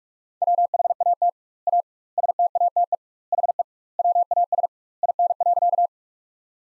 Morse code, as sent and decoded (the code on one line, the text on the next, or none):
.-- .... .- - / .- / ... - .- - . / .... . / .-- .- ... / .. -. .-.-.-
WHAT A STATE HE WAS IN.